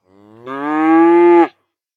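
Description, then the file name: Cow mooing once, a single drawn-out low bellow rising in strength and ending abruptly after about one and a half seconds. "manofham moo-1-moo-moo-the-cow"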